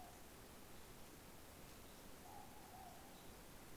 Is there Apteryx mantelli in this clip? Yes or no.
no